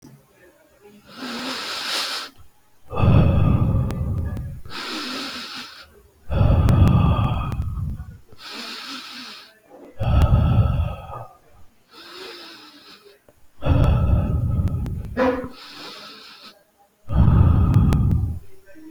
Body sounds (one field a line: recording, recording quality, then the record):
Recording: deep breathing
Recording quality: excellent, no background noise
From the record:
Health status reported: healthy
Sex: male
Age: 39 years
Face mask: not worn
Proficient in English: yes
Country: India